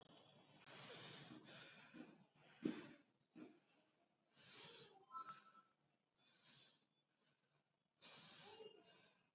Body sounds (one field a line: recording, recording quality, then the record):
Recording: shallow breathing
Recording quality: excellent, no background noise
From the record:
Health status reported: COVID-19 positive, mild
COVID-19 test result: positive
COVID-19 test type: RT-PCR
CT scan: not taken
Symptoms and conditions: cough, sore throat, fever, fatigue, muscle pain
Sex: female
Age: 36 years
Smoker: no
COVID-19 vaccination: both doses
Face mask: not worn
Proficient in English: yes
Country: India